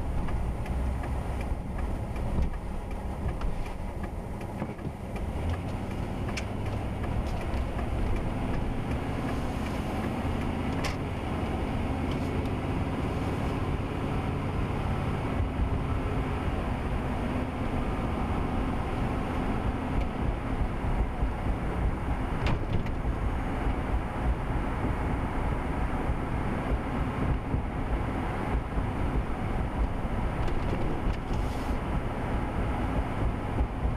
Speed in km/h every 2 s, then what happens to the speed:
16, 5, 10, 16, 24, 32, 42, 47, 52, 56, 60, 58, 58, 56, 56, 55, 55.
0-2 brakes to 5. 3-20 speeds up to 60. 20-34 steady at about 56.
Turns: none.